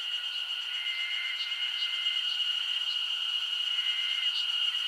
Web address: Sound Effects-Foundation 1 AMBIENCE JAPANESE SUMMER INSECTS 01